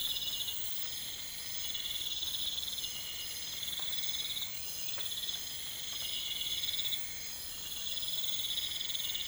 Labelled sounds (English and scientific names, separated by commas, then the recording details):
none
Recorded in pastures near Puerto Asís, Putumayo, Colombia, on 20 December 2024 at 00:00
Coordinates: 0.472, -76.329
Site G072